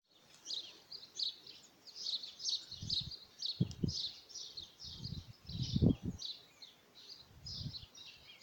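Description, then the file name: Birds singing: continuous high-pitched twittering and chirping in overlapping bursts, with several dull low thumps and a constant background hiss. "Voegel"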